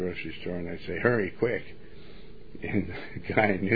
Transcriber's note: laughs